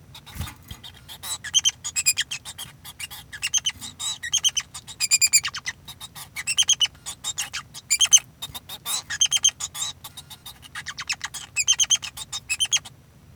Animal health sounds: song of a male Bengalese finch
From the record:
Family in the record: son of father 2

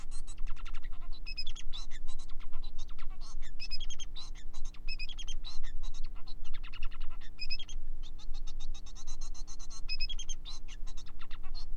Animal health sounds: song of a male Bengalese finch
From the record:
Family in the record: son of father 4

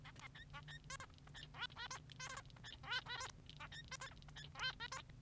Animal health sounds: song of a male Bengalese finch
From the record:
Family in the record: son of father 3

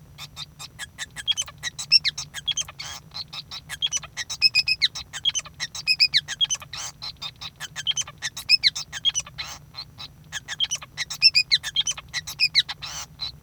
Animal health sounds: song of a male Bengalese finch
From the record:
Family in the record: son of father 5

